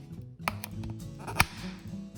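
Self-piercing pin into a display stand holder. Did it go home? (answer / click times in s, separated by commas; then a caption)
yes / 1.4 s. The self-piercing pin of a ticket display stand is pushed down until it sits in the lower mark of the holder, with music playing underneath. A couple of lighter taps at about 0.5 and 0.6 s come before a sharp small click at 1.4 s, showing the pin is properly seated.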